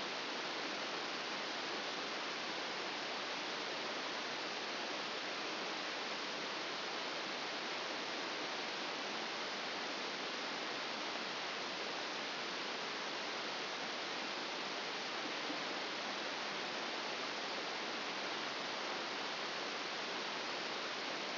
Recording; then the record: brain microelectrode recording played as sound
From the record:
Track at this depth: inside the subthalamic nucleus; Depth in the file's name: 2.304 mm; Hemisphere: left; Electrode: 2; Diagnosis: Parkinson's disease